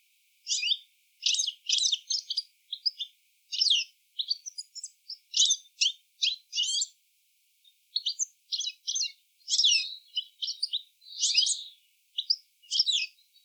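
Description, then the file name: European goldfinch giving bright, liquid twittering notes in quick clusters, with tinkling buzzy chirps in bursts throughout and a short pause near eight seconds. "Carduelis carduelis"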